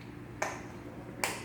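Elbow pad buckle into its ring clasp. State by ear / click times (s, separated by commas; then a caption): seated / 0.4 s, 1.2 s. The two ring buckles on the back of a protective elbow pad are fastened into their ring clasps one after the other. Two sharp, snap-like clicks sound at 0.4 s and 1.2 s over a low background hum. Both buckles snap closed and are seated.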